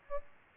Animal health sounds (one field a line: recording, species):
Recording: mosquito wingbeat signal from an infrared sensor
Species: Aedes albopictus